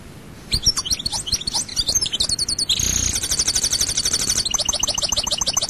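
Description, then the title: European goldfinch song opening after a quiet start into rapid tinkling notes, then long, even rattling trills of high chirps. "Chant Chardonneret"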